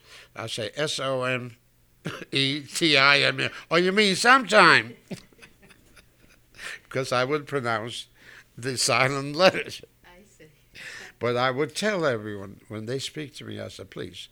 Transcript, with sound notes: I'd say, "S-O-M-E-T-I-M-E." "Oh, you mean sometime." (they laugh) Because I would pronounce the silent letters. But I would tell everyone, when they'd speak to me, I'd say, "Please,